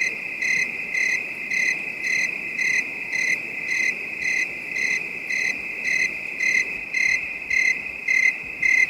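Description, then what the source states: Night crickets trilling steadily, with bright chirp pulses recurring about every half second at an even pace. Night ambience; a calm, distant bed of high-pitched crickets.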